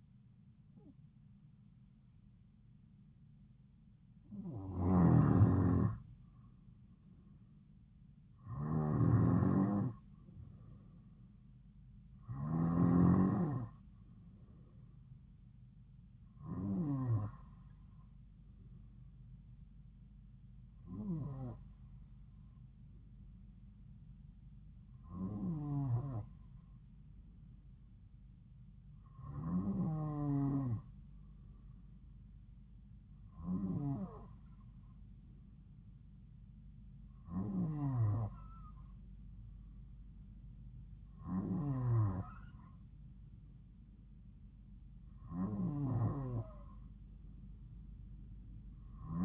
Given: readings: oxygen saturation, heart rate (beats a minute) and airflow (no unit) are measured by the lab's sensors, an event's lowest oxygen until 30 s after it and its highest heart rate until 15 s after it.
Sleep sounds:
breathing in sleep by a smartphone at the bedside; none
none scored
From the record:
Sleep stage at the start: N2 (light sleep); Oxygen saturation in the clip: 91 to 94%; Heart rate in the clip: 67 to 74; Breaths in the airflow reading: 12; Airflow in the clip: -5.5 to 3.8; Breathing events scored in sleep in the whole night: 270 in 6.1 hours asleep

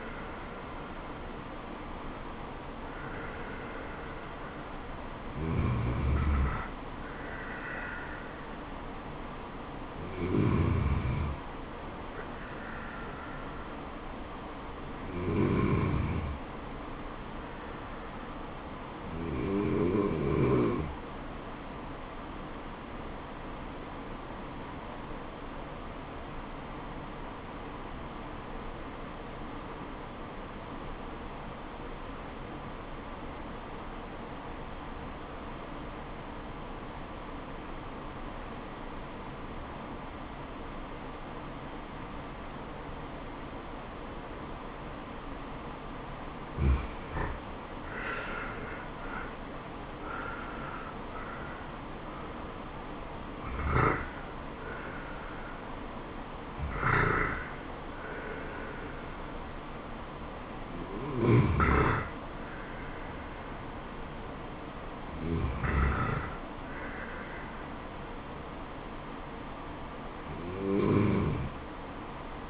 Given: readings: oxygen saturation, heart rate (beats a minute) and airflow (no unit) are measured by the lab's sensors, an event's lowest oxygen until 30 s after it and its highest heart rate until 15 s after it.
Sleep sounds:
breathing in sleep by a voice recorder at the bedside; 1
10.00-70.00 s: new sleep stage, N1 (lightest sleep)
24.00-46.10 s: obstructive apnea (N1, oxygen 96% highest, then 85% lowest, heart rate 80 at the start, 80 highest)
70.00-72.50 s: new sleep stage, N2 (light sleep)
From the record:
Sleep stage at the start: N2 (light sleep); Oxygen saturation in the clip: 85 to 96%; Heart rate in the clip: 67 to 80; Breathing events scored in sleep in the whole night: 426 in 7.4 hours asleep

